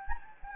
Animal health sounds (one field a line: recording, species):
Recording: mosquito wingbeat signal from an infrared sensor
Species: Anopheles gambiae